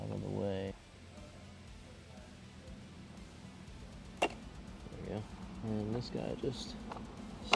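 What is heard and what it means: After the small tabs are pried out of the way, a plastic internal part moved from the old pan is pushed into a new 9-speed automatic transmission pan while someone talks. It snaps into place with a sharp click at 7.5 s, and the part is seated.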